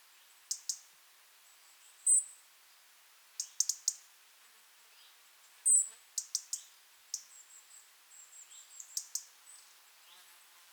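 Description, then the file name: European robin, fairly faint, repeating clusters of crisp high ticks and thin, piercing whistles, with brief fluttering notes between them. "Erithacus rubecula"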